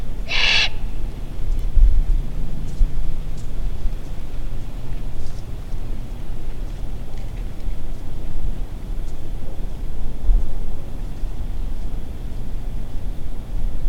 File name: Great Horned Owl - Bubo virginianus